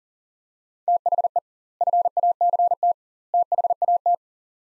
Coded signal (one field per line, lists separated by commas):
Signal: Morse code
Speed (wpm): 40 wpm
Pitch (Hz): 700 Hz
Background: none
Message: THE FACT THAT